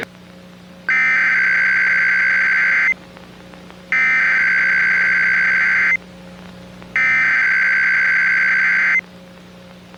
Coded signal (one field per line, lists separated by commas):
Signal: Emergency Alert System (SAME) tones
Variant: header bursts